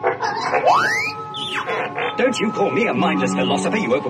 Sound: beeping and whistling